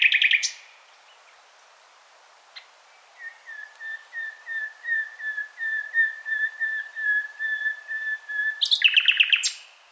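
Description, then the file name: Common nightingale song: a long run of evenly repeated whistled notes, slowly building in loudness, framed by harsh rattling bursts at start and end. "Luscinia megarhynchos"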